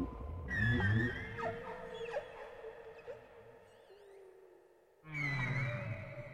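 Whale song: a deep moan and high whistles, then long steady tonal notes with a faint squeak, before another burst of whistles.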